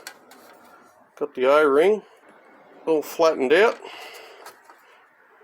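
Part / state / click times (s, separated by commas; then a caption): electrical connector onto coolant flange switch / seated / 0.1 s. An electrical connector is pushed onto the small switch on a new rear-engine coolant flange of a VW or Audi A4, and it seats with a sharp click at 0.1 s. A few faint ticks follow, then someone talks.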